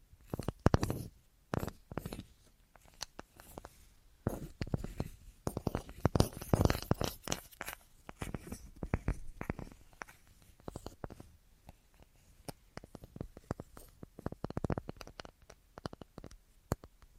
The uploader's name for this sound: Tapping Assortment